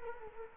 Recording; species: mosquito wingbeat signal from an infrared sensor; Culex quinquefasciatus